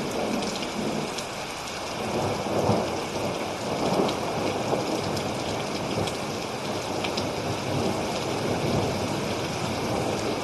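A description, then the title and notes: A thunderstorm with steady, dense rain hissing throughout, a thick wash of fine drops that never lets up. Underneath, a low rumbling of thunder swells and rolls, strongest around the middle of the ten seconds, with scattered sharper drop ticks on top. This is another version of an hour thunderstorm. Ultimate Thunderstorm.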